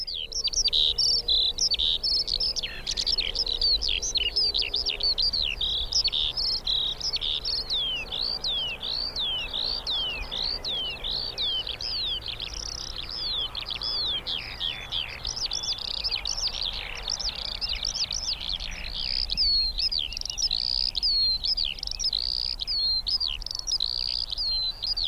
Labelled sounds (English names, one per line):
Eurasian Skylark flight song